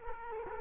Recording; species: mosquito wingbeat signal from an infrared sensor; Culex quinquefasciatus